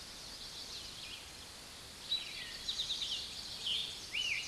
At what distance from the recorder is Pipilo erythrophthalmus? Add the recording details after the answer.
about 35 m. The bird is about 5 m above the microphone. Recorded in a Pennsylvania forest on 16 May 2024 at 06:07. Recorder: AudioMoth, point MSD-2287. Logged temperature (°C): 11.2 °C. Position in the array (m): 110 m, 6 m